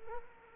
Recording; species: mosquito wingbeat signal from an infrared sensor; Culex quinquefasciatus